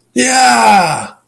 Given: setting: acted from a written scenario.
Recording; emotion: vocal sound without words; triumph